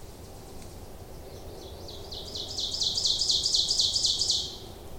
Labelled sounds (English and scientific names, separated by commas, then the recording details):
Ovenbird (Seiurus aurocapilla) song
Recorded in boreal forest in Alberta, Canada, on 26 May 2016 at 07:15
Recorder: SongMeter 3, array SBT-3-15
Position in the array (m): 41 m, 274 m
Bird 20